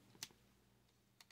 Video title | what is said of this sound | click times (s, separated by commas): Transformers Last Knight Grimlock: Complete Review | like so and they'll click into place | 0.2 s